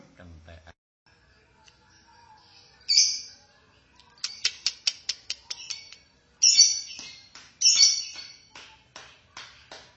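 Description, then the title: Lovebird giving sharp high chirps and clicks, first scattered, then quick bursts of rapid clicking notes between louder squeaky chirps. "BM Suara Burung Lovebird"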